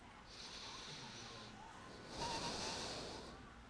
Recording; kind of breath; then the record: one breath in and out by a microphone near the nose and mouth; deep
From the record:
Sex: male